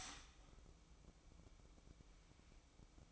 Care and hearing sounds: daily activity, microphone in the room; start toaster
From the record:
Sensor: 1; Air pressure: 1007.3 hPa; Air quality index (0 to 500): 77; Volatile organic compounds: 1 ppm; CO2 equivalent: 669 ppm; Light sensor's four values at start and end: 8/19/7/8 and 8/19/7/8

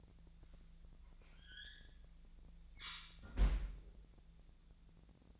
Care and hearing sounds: daily activity, microphone in the room; close fridge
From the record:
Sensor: 3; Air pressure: 1009.6 hPa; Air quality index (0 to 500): 194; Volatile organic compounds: 16 ppm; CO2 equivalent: 2528 ppm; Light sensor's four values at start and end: 35/87/37/39 and 34/86/36/39

